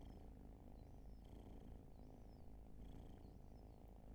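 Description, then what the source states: Cat purr, quiet and evenly vibrating, while thin rising-and-falling bird whistles come through faintly a few times. Long purring session, raw field recording.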